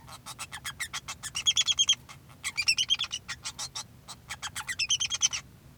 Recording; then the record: song of a male Bengalese finch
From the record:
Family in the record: son of father 2